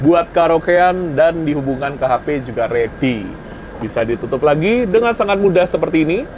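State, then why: Not seated. A man talks while handling the fold-away screen cover of a seat-back Android entertainment device on a bus, starting to close it into its housing. Only speech is heard, with no sharp click. The cover has not seated or clicked shut yet.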